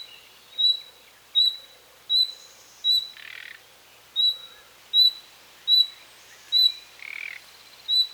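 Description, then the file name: Common nightingale repeating a level whistled note at a quick, fairly even pace, with two short, croaking buzzes between the whistles. "Luscinia megarhynchos"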